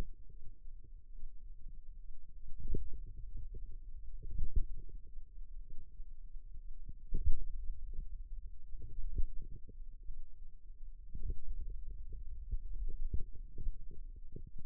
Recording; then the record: forearm muscle sounds (acoustic myography)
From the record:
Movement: pen grasping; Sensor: system 2, bracelet of six BSWA MPA416 microphones around the upper forearm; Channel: 6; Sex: female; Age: 22 years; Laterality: right